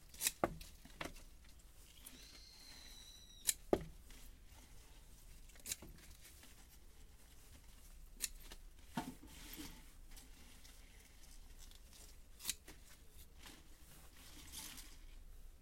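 Harvested mizukake-na greens are weighed and bundled with tape, giving sharp snaps and crackles every few seconds, with a cluster near the start. Around the second and third seconds, a short high squeal stretches out, perhaps tape unrolling, over a faint, steady low hum.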